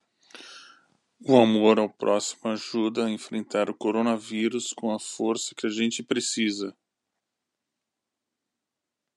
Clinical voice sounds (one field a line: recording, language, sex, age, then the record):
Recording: spoken sentence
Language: Brazilian Portuguese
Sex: male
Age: 50 to 59 years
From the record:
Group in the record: control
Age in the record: 54 years